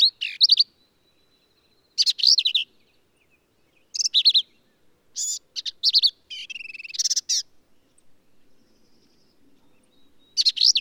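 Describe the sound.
Black-capped vireo song: hurried, jumbled phrases mixing squeaky whistles and rasping chatters, separated by pauses of varying length.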